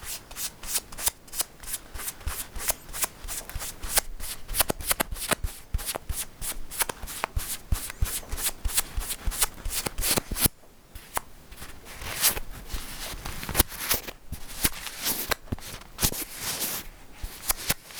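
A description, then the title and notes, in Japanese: Newspaper is crumpled and scrunched up, a dense run of sharp, bright crackles, briefly pausing near ten seconds before resuming. 紙の音ASMR 新聞紙をくしゃくしゃ…やぶる、しわくちゃ、丸める！paper sound。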